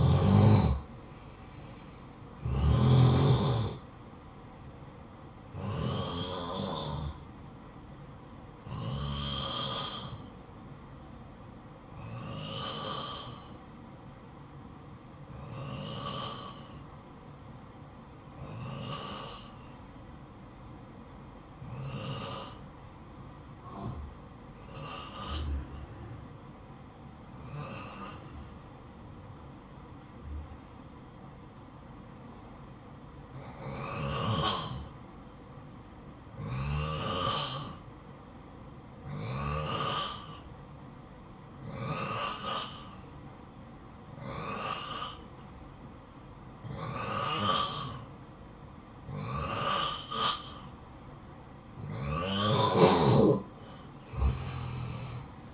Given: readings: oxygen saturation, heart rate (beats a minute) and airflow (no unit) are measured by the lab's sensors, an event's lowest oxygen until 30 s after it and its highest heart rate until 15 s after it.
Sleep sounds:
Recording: breathing in sleep by a smartphone at the bedside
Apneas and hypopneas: 1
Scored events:
12.00-50.10 s: hypopnea (N2, oxygen 95% highest, then 89% lowest, heart rate 59 at the start, 73 highest)
41.00-55.54 s: new sleep stage, awake
43.00-55.54 s: awake
From the record:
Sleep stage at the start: N2 (light sleep)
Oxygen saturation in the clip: 90 to 95%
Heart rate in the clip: 54 to 62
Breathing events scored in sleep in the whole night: 573 in 9.8 hours asleep

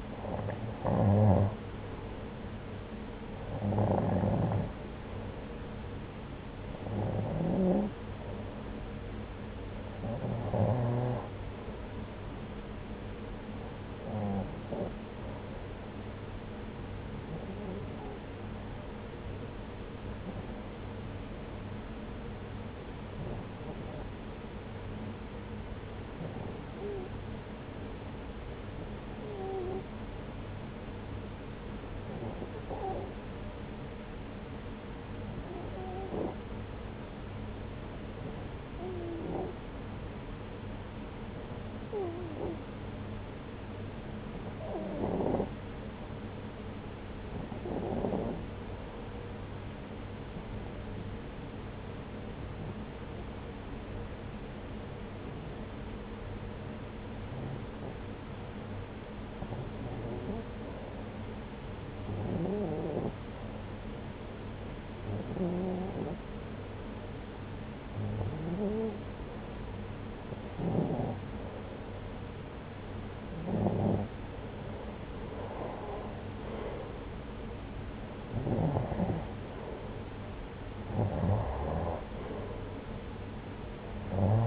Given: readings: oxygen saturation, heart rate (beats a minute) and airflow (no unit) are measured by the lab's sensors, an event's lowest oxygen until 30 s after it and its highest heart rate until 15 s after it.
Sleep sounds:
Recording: breathing in sleep by a voice recorder at the bedside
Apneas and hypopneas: 1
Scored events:
20.00-71.80 s: hypopnea (REM, oxygen 95% highest, then 89% lowest)
From the record:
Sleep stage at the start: REM sleep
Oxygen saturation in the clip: 89 to 95%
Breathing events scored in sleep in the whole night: 303 in 8.1 hours asleep

